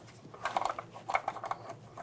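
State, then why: Not seated. Plastic locking tabs on the front ABS wheel speed sensor wire of a 2006-2012 Ford Fusion are handled and pressed toward their mounts behind the fender liner, to secure the wire so it is not damaged. Short, light plastic ticks and rattles come in clusters, the sharpest around 1.2 seconds. Nothing has seated or clicked yet.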